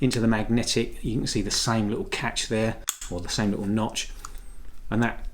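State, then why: Not seated. A magnetic phone clamp is being slotted into the magnetic mount of a DJI OM 4 handheld gimbal, lined up with a small notch, while someone talks throughout. Faint handling sounds sit under the speech. Nothing has seated or clicked yet.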